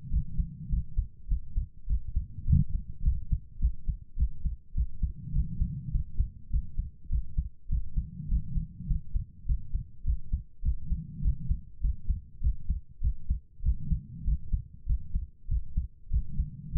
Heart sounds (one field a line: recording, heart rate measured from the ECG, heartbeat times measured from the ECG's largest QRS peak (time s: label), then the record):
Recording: heart sounds by stethoscope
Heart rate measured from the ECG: 101 bpm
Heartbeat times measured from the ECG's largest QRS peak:
0.09 s: heartbeat
0.68 s: heartbeat
1.27 s: heartbeat
1.85 s: heartbeat
2.43 s: heartbeat
3.01 s: heartbeat
3.58 s: heartbeat
4.15 s: heartbeat
4.73 s: heartbeat
5.31 s: heartbeat
5.90 s: heartbeat
6.49 s: heartbeat
7.08 s: heartbeat
7.68 s: heartbeat
8.27 s: heartbeat
8.86 s: heartbeat
9.45 s: heartbeat
10.03 s: heartbeat
10.61 s: heartbeat
11.20 s: heartbeat
11.80 s: heartbeat
12.39 s: heartbeat
13.00 s: heartbeat
13.61 s: heartbeat
14.23 s: heartbeat
14.85 s: heartbeat
15.47 s: heartbeat
16.09 s: heartbeat
16.71 s: heartbeat
From the record:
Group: healthy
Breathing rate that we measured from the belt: 21 breaths a minute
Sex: female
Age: 32 years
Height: 172 cm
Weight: 71.7 kg